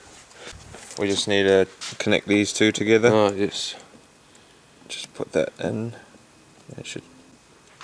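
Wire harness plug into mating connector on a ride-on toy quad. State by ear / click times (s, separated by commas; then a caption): not seated / none. Someone talks while handling a wire harness plug and its mating connector on a 12-volt ride-on quad, getting ready to push the two together. Between phrases there are only faint handling noises. The clip ends before the connectors are joined, and nothing has seated or clicked yet.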